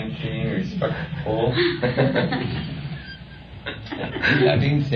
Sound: laughter